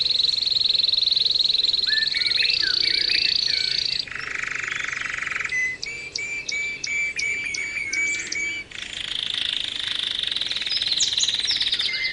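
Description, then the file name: Canary song alternating a steady high trill, a buzzy low roll and a run of spaced clipped notes, then another high trill. Canary 'terapi' (therapy) song recording, intended for training birds. "kenari terapi omkicau"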